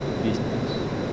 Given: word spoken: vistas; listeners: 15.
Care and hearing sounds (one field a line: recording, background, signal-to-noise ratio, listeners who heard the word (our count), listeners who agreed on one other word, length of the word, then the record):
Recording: one Spanish word in noise, from a listening test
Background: speech-shaped noise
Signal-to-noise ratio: -5.8 dB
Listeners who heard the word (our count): 3 of 15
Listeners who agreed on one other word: 11 of 15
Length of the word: 0.73 s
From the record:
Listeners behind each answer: 11, 3, 1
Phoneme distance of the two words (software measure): 10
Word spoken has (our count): 2 syllables, 6 phonemes, stress on syllable 1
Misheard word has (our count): 2 syllables, 6 phonemes, stress on syllable 1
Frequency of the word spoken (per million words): 18.07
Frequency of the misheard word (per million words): 14.04